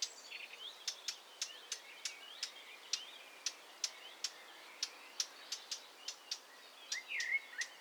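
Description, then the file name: Eurasian blackcap calling with a steady series of hard, dry tacks, with faint warbled notes underneath and low hiss. "Sylvia atricapilla"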